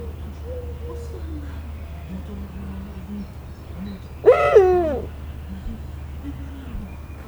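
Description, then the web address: Eurasian eagle-owl giving one loud, harsh, harmonic call lasting under a second that rises then falls, over a steady low hum with faint soft tones earlier. Captive at a zoo in Szeged, Hungary; recorded 2011. "szegedizoo 2011 uhu facanis"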